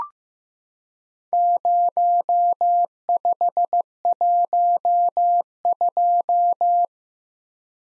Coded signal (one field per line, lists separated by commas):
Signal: Morse code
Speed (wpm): 15 wpm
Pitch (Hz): 700 Hz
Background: none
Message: 0512